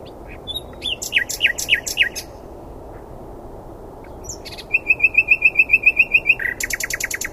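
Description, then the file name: Common nightingale song: sharp down-slurred whistles, a pause, then a long run of evenly repeated piping notes ending in a dense rattle. "Luscinia megarhynchos"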